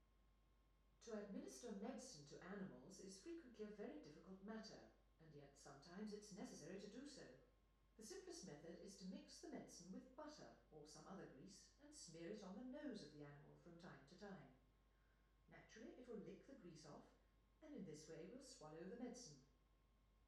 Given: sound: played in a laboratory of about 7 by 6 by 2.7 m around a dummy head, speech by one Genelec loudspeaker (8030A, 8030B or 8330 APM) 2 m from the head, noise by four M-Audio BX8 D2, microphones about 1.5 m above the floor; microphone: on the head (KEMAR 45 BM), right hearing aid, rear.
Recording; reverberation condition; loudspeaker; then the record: female speech in English; medium; 90 degrees to the left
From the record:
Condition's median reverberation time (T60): about 510 ms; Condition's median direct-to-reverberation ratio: about -0.5 dB